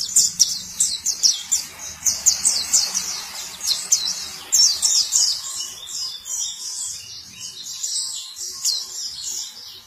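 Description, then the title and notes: White-eye song: long, lively stream of high twittering notes that gradually softens toward the end. Sweet long song. "Kicau Burung Pleci ampuh. suara burung pleci merdu panjan"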